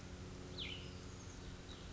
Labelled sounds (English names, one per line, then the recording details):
Cassin's Vireo
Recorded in Sonoma County, California